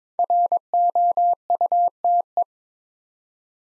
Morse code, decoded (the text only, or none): ROUTE